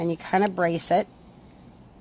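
A metal collet is being pushed into the nose of a rotary tool and braced while someone talks for about the first second, followed by quiet low background noise. Nothing has seated or clicked yet.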